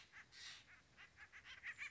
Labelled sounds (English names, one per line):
Acorn Woodpecker